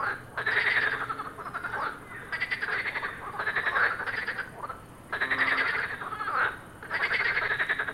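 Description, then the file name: Frogs croaking in a chorus, rapid pulsed rattling croaks in bursts of one to two seconds, overlapping and repeating steadily with brief gaps between rounds. "grenouilles"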